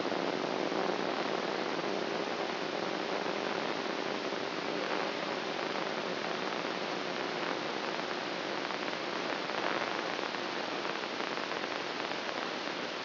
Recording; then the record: brain microelectrode recording played as sound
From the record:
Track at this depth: inside the subthalamic nucleus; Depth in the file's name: 1.927 mm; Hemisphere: right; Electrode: 2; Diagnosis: Parkinson's disease